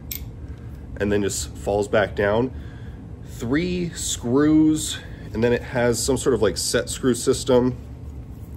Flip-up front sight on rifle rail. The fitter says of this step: So it locks in place